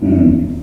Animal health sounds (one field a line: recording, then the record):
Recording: squeal of a Yucatan mini pig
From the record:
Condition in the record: after surgery on the right vocal fold (resection and tissue-engineered implant)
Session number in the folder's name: 5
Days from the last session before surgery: 33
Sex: female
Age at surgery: 19 weeks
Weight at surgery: 25 kg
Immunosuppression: prednisolone